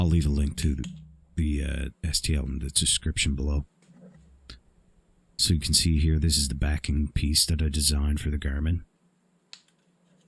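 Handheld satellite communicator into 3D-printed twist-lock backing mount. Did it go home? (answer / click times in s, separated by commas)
yes / 9.5 s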